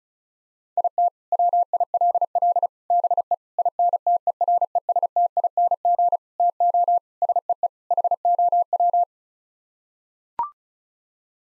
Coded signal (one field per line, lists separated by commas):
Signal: Morse code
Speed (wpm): 36 wpm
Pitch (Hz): 700 Hz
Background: none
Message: IT WILL BE INTERESTING TO SEE HOW